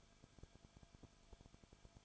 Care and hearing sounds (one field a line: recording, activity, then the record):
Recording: daily activity, microphone in the room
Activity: no activity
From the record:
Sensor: 5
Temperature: 20.4 degrees Celsius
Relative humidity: 39.8%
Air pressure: 1010.8 hPa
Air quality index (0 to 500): 166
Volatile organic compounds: 15 ppm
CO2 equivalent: 2506 ppm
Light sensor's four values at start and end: 2/3/1/1 and 2/3/1/1